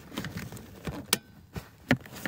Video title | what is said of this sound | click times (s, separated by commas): How to Install Infant Car Seat and Protect Leather Seats!!!👶👶👶 | you hear the click | 1.1 s